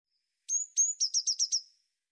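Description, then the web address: Eurasian blue tit song: two thin high whistled notes followed by a quick trill of five buzzy, slightly lower notes, on a silent background. "cianscape birddata Deverinetal 2025 Bird Cy Ca"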